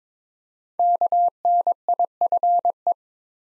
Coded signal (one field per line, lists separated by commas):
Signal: Morse code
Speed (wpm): 22 wpm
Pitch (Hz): 700 Hz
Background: none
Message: KNIFE